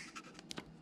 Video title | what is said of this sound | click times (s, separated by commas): Wireless Apple Car Play for your Harley Touring Model for less than half the cost of Harley WHIM | makes it super easy and just press until it clicks | 0.5 s